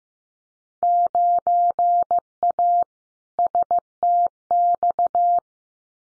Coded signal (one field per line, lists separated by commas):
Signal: Morse code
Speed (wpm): 15 wpm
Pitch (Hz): 700 Hz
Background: none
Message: 9A STX